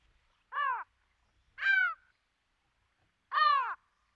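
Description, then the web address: Ring-billed gull calls: three separate harsh, harmonic, downslurred cries, each under half a second, spaced about one to two seconds apart, with no other sounds. "Dan Gibson Wildlife Identification By Sound, Eastern North America Pt 2. Ring-Billed Gull"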